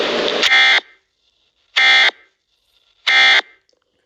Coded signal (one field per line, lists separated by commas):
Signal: Emergency Alert System (SAME) tones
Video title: EAS Mock 1: Mushroom Kingdom Amber Alert EAS